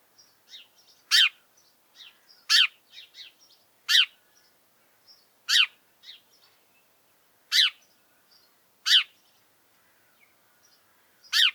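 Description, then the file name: House sparrow repeating loud chirps every one to two and a half seconds, mixed with softer chirping and twittering. "Passer domesticus"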